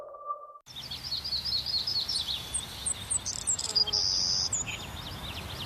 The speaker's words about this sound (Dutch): Blijf genieten van het gefluit van vogels.